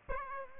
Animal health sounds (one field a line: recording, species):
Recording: mosquito wingbeat signal from an infrared sensor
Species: Aedes albopictus